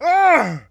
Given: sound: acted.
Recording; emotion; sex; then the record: nonverbal affect burst; pain; male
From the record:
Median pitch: 292 Hz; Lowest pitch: 89 Hz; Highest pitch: 393 Hz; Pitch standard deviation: 103 Hz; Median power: 77.0 dB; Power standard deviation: 13.9 dB